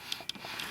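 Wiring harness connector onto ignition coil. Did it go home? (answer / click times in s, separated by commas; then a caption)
yes / 0.3 s. A wiring harness electrical connector is pushed back onto an ignition coil by hand during spark plug and coil replacement on a Honda Fit (Jazz). A faint tick comes at 0.1 s, then a sharp, bright click at 0.3 s, followed by a softer sound around 0.6 s. The connector is seated on the coil.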